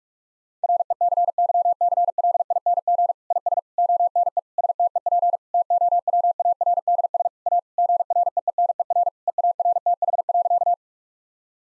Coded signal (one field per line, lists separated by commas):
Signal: Morse code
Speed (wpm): 47 wpm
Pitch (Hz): 700 Hz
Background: none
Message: RECYCLING IS ONE STEP TOWARDS A GREENER EARTH.